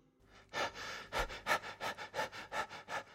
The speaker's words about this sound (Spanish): Tras recorrer varios kilómetros, se encontró con un perro que jadeaba como si hubiera estado corriendo mucho.